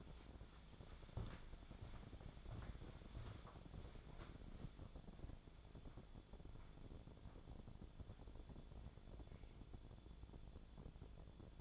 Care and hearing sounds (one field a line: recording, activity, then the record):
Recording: daily activity, microphone in the room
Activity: walk to room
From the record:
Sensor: 5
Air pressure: 1000.0 hPa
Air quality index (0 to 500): 87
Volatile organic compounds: 1 ppm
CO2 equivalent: 715 ppm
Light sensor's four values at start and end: 414/1005/429/484 and 410/1015/427/479